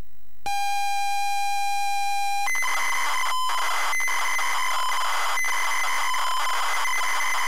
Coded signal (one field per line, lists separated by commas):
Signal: ZX Spectrum tape loading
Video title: Commodore C64 and ZX Spectrum Paperboy Loading times and quick game play compare